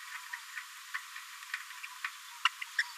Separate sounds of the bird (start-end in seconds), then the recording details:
0.94-0.97, 2.45-2.48, 2.78-2.83. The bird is a female. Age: 29 days. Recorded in a nest box in Venezuela. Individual 17B73B2